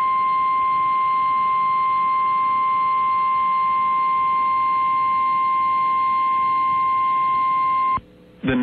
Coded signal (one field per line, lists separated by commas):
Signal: Emergency Alert System (SAME) tones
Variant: 1050 Hz attention tone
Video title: TEXAS, TEXAS, WHY TEXAS... | EAS Alerts from May 6th, 2023 (EAS #2466-2482)